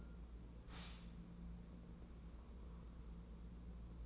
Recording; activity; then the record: daily activity, microphone in the room; stop toaster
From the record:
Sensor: 1